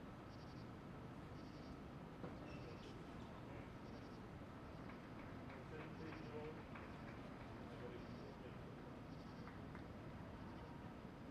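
Crickets chirp in short, bright bursts every second or two over a steady low rumble of a passing train in the distance. People chat quietly underneath, and a cluster of sharp knocks from the tennis play falls around the middle, with a faint steady whine throughout.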